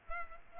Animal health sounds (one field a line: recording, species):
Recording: mosquito wingbeat signal from an infrared sensor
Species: Culex pipiens